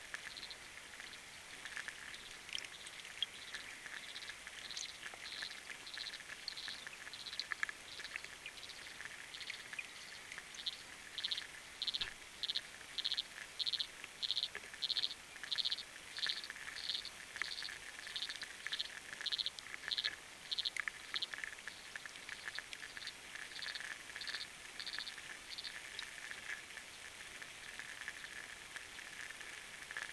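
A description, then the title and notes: Frogs calling underwater, heard as a fast, regular train of bright pulses repeating roughly twice a second, strongest between about ten and twenty-two seconds. A steady, faint crackling hiss fills the background throughout, with occasional small clicks. Frogs recorded underwater with an hydrophone.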